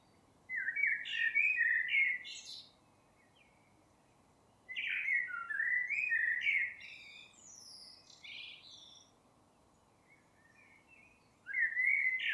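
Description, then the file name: Common blackbird delivering mellow warbled phrases separated by pauses, the fluted runs trailing off into higher squeaky chatter, and a third phrase starting at the end. "Turdus merula"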